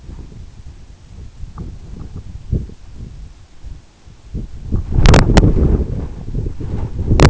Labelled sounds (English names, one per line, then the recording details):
none
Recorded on Arctic tundra, site EABA-1, on 26 June 2018
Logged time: 04:00